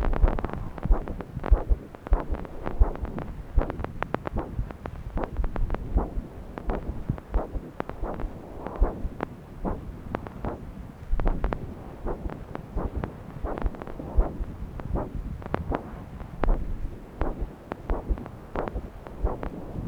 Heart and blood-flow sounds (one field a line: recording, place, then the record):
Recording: Doppler ultrasound of blood flow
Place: right subclavian vein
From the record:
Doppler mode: continuous wave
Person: adult scuba diver, at rest before a dive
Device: O'Dive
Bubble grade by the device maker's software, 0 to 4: 0